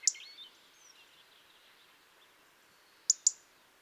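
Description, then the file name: European robin calls, one sharp high tick with a faint squeaky note after it, then a quick double tick near the end. "Erithacus rubecula"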